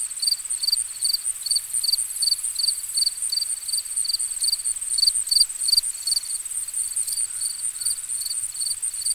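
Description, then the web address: Crickets chirping in quick pulses over a steady high trill, with a soft hiss of background noise. Ambient nature recording of crickets. "Dr Sound Effects. Crickets and Frogs In the Distance"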